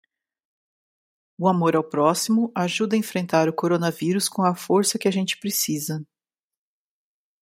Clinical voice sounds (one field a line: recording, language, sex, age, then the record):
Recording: spoken sentence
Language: Brazilian Portuguese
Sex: female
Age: 40 to 49 years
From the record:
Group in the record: control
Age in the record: 49 years